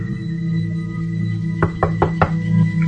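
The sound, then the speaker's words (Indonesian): Four quick, sharp knocks on a closed toilet stall door in an even rhythm, rapping over a steady low electrical hum with no voices. “Aku pun mengetuknya.”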